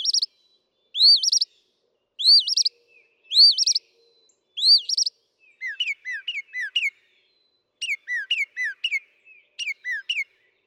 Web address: songs Northern Mockingbird